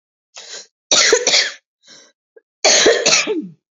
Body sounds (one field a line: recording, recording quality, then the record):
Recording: heavy voluntary cough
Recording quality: excellent, no background noise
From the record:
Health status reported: exposed to COVID-19, no respiratory illness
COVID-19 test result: not tested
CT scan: not taken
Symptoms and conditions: cough, cold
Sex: female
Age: 49 years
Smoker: no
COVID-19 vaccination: both doses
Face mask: not worn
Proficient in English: no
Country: India